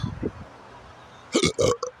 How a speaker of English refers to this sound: Burping like crazy.